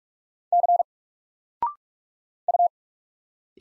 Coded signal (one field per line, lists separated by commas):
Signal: Morse code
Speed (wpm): 44 wpm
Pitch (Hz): 700 Hz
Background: none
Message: C U